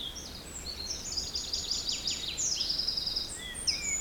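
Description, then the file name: Bird song with rapid high trills and repeated chirping notes, a quick descending series and a brief whistled slur near the end, over a constant windy hiss. Forest in spring, windy at 3 Beaufort, recorded at 1 pm. "Forest Spring Birds Windy 3 bft 1 pm"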